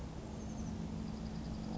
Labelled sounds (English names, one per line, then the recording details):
Oak Titmouse
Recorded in Sonoma County, California